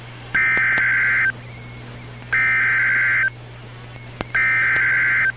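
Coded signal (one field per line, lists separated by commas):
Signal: Emergency Alert System (SAME) tones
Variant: header bursts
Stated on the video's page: NOAA Weather Radio KIH-42 Covington, KY severe weather alerts, tornado and severe thunderstorm warnings.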